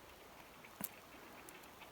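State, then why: Seated. A plastic part of an X-Wing model kit is pushed into its mount after the pin has gone all the way through. A short, sharp click at 0.8 s stands out over low background hiss, followed by a fainter tick around 1.5 s. The part clicks into place and is seated.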